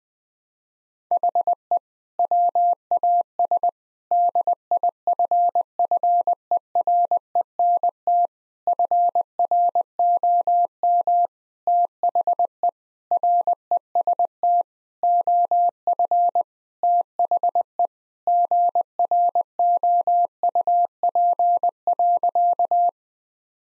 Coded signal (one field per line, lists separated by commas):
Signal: Morse code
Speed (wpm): 20 wpm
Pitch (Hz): 700 Hz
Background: none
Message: HE WAS DIFFERENT FROM THE REST OF THE GROUP.